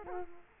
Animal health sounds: mosquito wingbeat signal from an infrared sensor; Culex quinquefasciatus

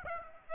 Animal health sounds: mosquito wingbeat signal from an infrared sensor; Aedes aegypti

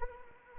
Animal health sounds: mosquito wingbeat signal from an infrared sensor; Anopheles arabiensis

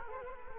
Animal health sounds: mosquito wingbeat signal from an infrared sensor; Culex quinquefasciatus

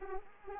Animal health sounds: mosquito wingbeat signal from an infrared sensor; Anopheles arabiensis

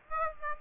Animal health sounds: mosquito wingbeat signal from an infrared sensor; Aedes aegypti

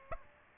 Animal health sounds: mosquito wingbeat signal from an infrared sensor; Aedes aegypti

